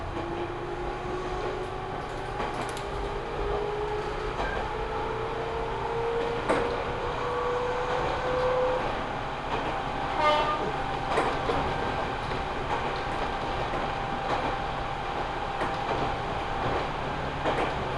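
A ride aboard an Ohmi Railway train with a steady, rumbling roar of the wheels on the rails throughout. A rising whine climbs slowly over the first half as the train gathers speed, and a higher tone holds steady later on. Sharp clicks and knocks recur every few seconds.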